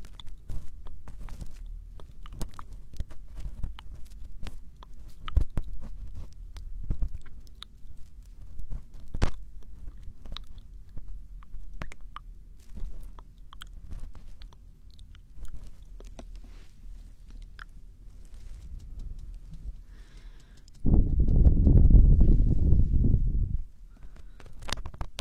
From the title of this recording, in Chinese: 掏耳朵